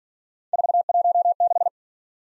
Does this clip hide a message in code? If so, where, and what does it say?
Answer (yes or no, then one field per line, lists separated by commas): yes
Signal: Morse code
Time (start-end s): 0.5-1.7 s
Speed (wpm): 46 wpm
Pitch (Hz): 700 Hz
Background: none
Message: 416